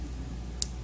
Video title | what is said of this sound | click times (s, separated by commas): SmartKey Reset Cradle Demonstration | sure that you turn the key and you will hear a little clicking sound that lets | 0.6 s